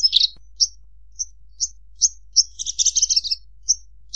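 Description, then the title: Javan bush lark song of repeated sharp high chirps, broken by a fast burst of notes in the second half. "Suara Burung Branjangan"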